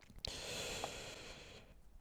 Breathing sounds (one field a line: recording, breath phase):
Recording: one breath near a microphone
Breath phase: inhalation